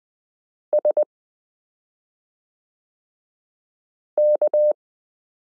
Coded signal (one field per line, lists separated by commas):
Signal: Morse code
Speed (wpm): 20 wpm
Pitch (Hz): 600 Hz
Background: none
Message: SK